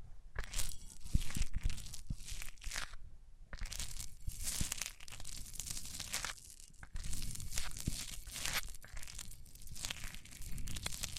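Microphones rub across surfaces in uneven bursts of bright scratching and crinkling, with brief pauses near four and seven seconds and occasional sharp clicks.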